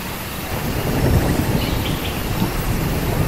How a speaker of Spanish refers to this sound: ¿Sí escuchas la lluvia? Eso que suena a lo lejos es Biona, nuestra diosa lluvia.